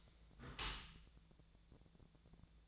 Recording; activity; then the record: daily activity, microphone in the room; close dishwasher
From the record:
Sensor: 3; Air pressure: 1000.5 hPa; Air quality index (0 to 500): 174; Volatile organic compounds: 3 ppm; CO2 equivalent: 1507 ppm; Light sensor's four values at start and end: 13/35/14/15 and 13/35/14/15